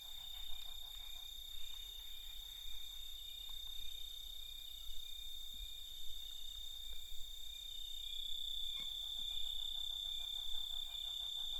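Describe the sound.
Steady cicada buzzing fills the background while scattered clicks and faint rapid pulsing calls come and go over low rumble.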